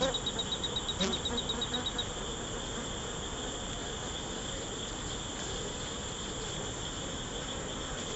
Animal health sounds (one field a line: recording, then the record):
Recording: honeybee defence experiment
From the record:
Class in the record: control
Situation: empty test tube, no live specimens